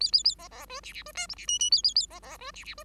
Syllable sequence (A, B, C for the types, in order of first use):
A A A B B C D D C E F D G G A A A B B C D D C